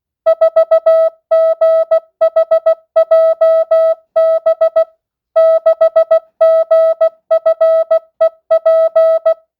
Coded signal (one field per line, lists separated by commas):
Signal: Morse code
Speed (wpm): 16 wpm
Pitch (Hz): 650 Hz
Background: music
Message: 4GHJB 6GFEP